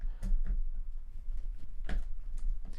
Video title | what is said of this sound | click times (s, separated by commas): Questions and Demos - New @iFootage Nano Slider | Locks into place and we're done. That's cool. | 1.9 s